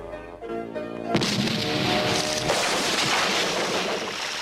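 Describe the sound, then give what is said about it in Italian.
A steady tone hums briefly before a single loud cannon boom bursts out at noon as the starting signal of a rowing race in a Fantozzi film, followed by a sustained, broad rushing roar that carries on without pause until the end. “Il segnale della partenza avrebbe dato a mezzogiorno in punto il cannone del Gianino.”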